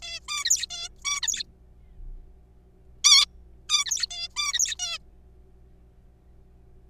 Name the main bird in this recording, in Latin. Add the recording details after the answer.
Taeniopygia guttata. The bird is a juvenile. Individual R3428